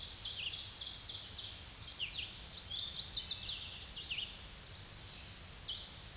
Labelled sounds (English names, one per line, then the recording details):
Red-eyed Vireo song
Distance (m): 45 m
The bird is about 25 m above the microphone
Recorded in a Pennsylvania forest on 16 May 2024 at 07:48
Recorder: AudioMoth, point MSD-2376
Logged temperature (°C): 16.7 °C
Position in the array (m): 147 m, 38 m